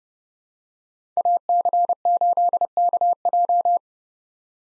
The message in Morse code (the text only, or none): AC8KJ